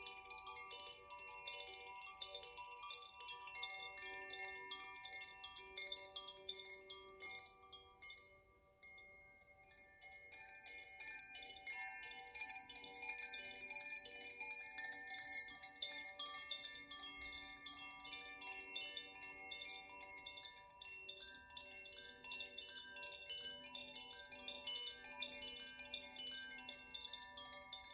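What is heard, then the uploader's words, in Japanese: Earth and fire element chimes are played in a steady, overlapping shimmer, with bright ringing tones layered thickly and sustaining into one another. Strikes come often and irregularly, briefly thinning out near nine seconds before the dense ringing resumes through the end. マキノ式コシチャイム とザフィアチャイムの演奏です。土と火のエレメントのチャイムを奏でています。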